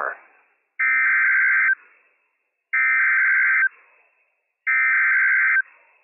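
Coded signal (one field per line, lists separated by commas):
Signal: Emergency Alert System (SAME) tones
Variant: header bursts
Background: speech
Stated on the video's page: Live severe thunderstorm warnings with operational EAS tones, broadcast late at night.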